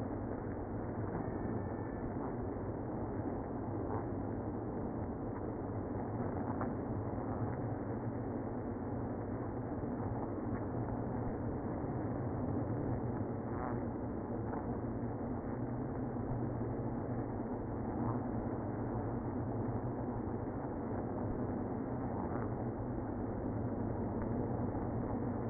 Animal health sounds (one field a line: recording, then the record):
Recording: honeybee colony, microphone inside the hive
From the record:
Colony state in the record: queenless (queen removed)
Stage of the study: after two queens were removed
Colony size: about 60,000 bees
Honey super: yes